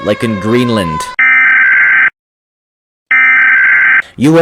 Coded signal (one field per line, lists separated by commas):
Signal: Emergency Alert System (SAME) tones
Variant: header bursts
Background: speech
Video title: I'm Rating EAS Alarms From Different Countries